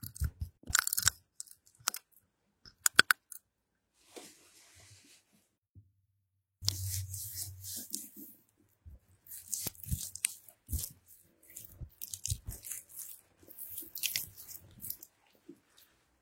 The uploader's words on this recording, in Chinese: 刮胡子。